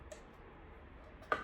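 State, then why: Seated. A small retaining snap on the sheath of a garden tool or blade that hangs from a belt is pressed shut. After quiet handling, a sharp click sounds at 1.3 s as the strap snaps closed and seats.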